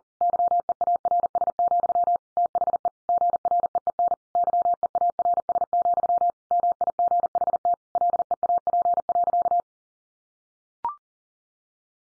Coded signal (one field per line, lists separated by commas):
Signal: Morse code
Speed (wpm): 40 wpm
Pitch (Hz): 700 Hz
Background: none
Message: YEARS, THE GREEN YEARS, MIGHT LEAP.